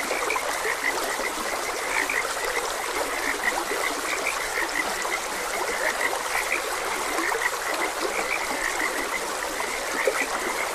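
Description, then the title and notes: A dense frog chorus of short, high croaks repeating irregularly over the constant hiss of a flowing stream. Frogs croaking beside a gentle stream. "Frogs Croaking. Sleep and Relaxation Podcast"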